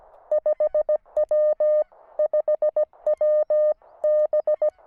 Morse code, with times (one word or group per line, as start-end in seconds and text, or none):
0.3-1.8 5W
2.2-3.7 5W
4.0-4.7 B